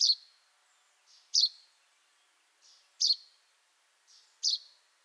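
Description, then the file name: Chaffinch repeating a sharp, piercing high call four times, roughly every one and a half seconds, with quiet softer notes before the last three. "Fringilla coelebs"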